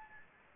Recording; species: mosquito wingbeat signal from an infrared sensor; Anopheles gambiae